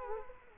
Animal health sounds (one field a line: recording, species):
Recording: mosquito wingbeat signal from an infrared sensor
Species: Culex quinquefasciatus